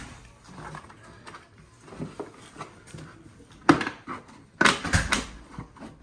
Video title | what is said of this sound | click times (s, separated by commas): 2015 GMC Yukon Denali Tail Light Upgrade￼ | All right, I think you heard it clicked in. | 3.7 s